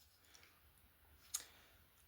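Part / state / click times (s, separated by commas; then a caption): toy robot arms into torso / seated / 0.4 s, 1.4 s. The arms of a plastic transforming robot toy are pushed inwards until they seat in its body. Two light clicks are heard, one per arm, at about 0.4 and 1.4 seconds, with the second much sharper than the first. Both arms soft-click into place.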